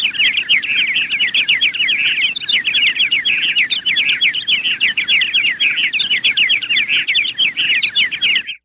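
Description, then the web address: Bird chirps, a busy stream of quick high notes running steadily until an abrupt end. "animals bird bgs"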